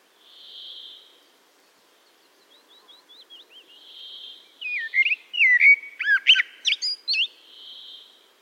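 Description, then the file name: Common blackbird song: a faint run of thin notes, then a loud phrase of fluted whistles and sharp twitters, with soft hissing sounds before and after. "Turdus merula"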